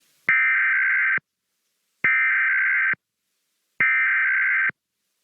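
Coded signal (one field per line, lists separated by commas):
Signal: Emergency Alert System (SAME) tones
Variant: header bursts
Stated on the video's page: Pennsylvania Required Monthly Test recorded from a TV station, taken from an archive.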